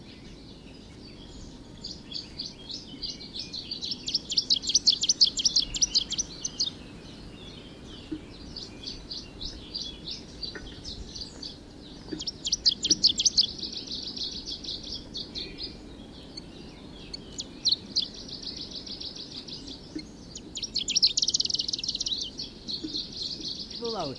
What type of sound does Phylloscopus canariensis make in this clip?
song